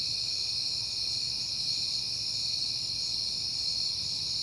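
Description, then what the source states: Crickets giving a steady, shrill chorus of overlapping high chirps, even in loudness, above a faint low drone. Crickets on a peaceful night in September.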